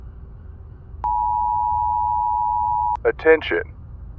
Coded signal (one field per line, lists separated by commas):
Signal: Emergency Alert System (SAME) tones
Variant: 853 and 960 Hz attention tone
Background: speech